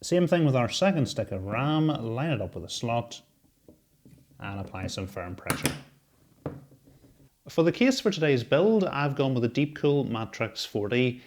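A second DDR4 memory stick is lined up with a motherboard DIMM slot and pushed down with firm pressure while someone talks. A single sharp click at 6.5 s marks the stick locking into place as the retention clips close, so it is seated.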